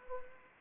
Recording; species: mosquito wingbeat signal from an infrared sensor; Anopheles arabiensis